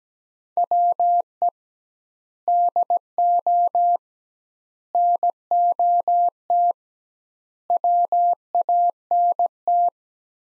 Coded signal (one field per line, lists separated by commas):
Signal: Morse code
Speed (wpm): 17 wpm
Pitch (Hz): 700 Hz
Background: none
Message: WE DO NOT WANT